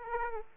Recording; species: mosquito wingbeat signal from an infrared sensor; Aedes aegypti